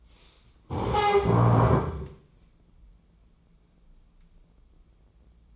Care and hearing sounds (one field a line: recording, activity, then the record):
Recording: daily activity, microphone in the room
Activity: stand up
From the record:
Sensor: 1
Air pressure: 996.0 hPa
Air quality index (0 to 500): 236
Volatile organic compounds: 1000 ppm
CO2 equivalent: 6874 ppm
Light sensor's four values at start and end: 35/86/37/44 and 33/82/35/42